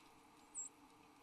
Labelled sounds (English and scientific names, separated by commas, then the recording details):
White-throated Sparrow (Zonotrichia albicollis) flight call
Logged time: 05:25 on 8 December 2014